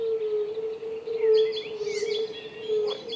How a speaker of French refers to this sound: Le son des sonneurs à ventre de feu est quand même relativement bas, je trouve. C'est un son soufflé d'une douceur hallucinante.